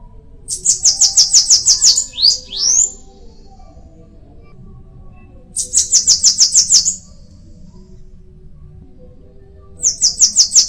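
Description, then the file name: Bananaquit song: high, fast buzzy trill, the first with a couple of rising squeaky notes, repeated roughly every four to five seconds. "canto da cambacica"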